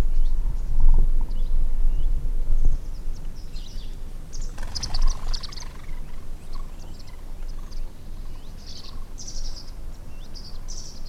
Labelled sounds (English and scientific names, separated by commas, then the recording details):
Canada Goose (Branta canadensis) call
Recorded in the wild
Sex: diverse
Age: diverse
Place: Langasjönas, Blekinge, SE
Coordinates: 56.2286, 14.8522
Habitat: lake
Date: 2006-07-30
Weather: clear, ca. 20°C, almost no wind
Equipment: Marantz PMD 660, Sennheiser ME 66, Windkorb
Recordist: Frommolt, Karl-Heinz